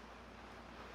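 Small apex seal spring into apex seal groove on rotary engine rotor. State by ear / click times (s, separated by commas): not seated / none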